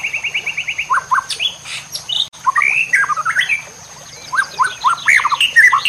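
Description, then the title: White-rumped shama song, a rich medley of quick repeated notes, slurred rising whistles and scratchy chatter with one short pause, and a constant high-pitched hum behind. Masteran (song-tutoring) recording for training cage birds, titled Labaik. "MURAI BATU LABAIK"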